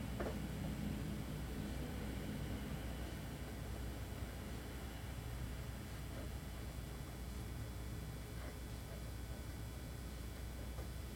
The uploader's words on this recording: A moment of "silence" held in my home office/studio. The sound of traffic passing outside is audible, as well as the faint hum of my stereo receiver; the turntable is still spinning, but the needle has been lifted.